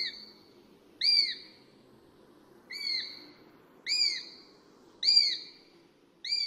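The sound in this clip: Sparrowhawk calling: thin, high whistled squeals, each bending down then trailing off, repeated about every one to one and a half seconds over faint background hiss.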